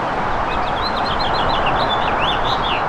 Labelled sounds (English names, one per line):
House Finch song